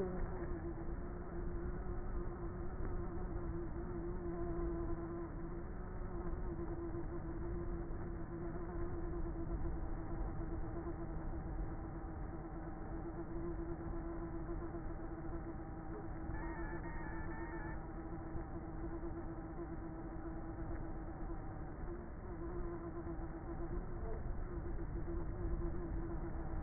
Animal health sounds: honeybee colony, microphone inside the hive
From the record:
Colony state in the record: queenless with a low population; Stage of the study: before two queens were removed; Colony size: about 30,000 bees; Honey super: no

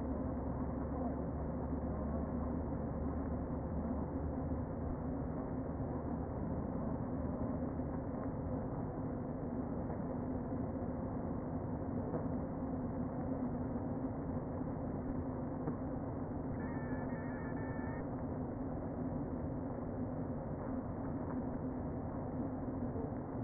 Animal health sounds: honeybee colony, microphone inside the hive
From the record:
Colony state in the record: queen present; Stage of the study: before two queens were removed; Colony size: about 60,000 bees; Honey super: yes

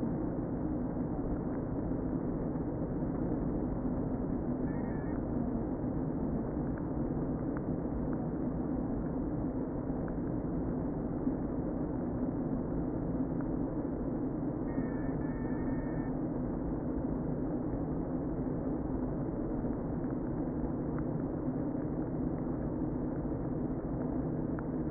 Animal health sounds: honeybee colony, microphone inside the hive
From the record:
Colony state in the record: queen present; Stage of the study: before two queens were removed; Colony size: about 60,000 bees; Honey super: yes

